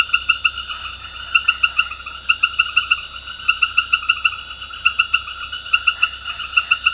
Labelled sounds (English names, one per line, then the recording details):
none
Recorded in dense forest near Puerto Asís, Putumayo, Colombia, on 19 February 2024 at 22:00
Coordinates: 0.487, -76.319
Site G6403